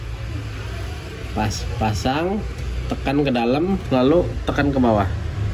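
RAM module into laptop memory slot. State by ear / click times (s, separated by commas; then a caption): not seated / none. A RAM module is being handled at the memory slot of an ASUS X452E laptop during a RAM and SSD upgrade. Someone talks over a steady low hum while the stick is lined up, pushed in and pressed down. Nothing has seated or clicked yet.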